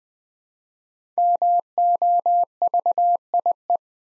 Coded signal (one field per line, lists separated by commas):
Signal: Morse code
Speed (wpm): 20 wpm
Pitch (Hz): 700 Hz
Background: none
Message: MOVIE